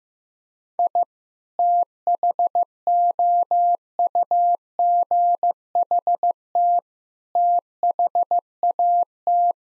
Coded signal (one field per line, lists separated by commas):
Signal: Morse code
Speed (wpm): 15 wpm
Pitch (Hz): 700 Hz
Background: none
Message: I THOUGHT THAT